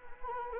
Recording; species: mosquito wingbeat signal from an infrared sensor; Anopheles arabiensis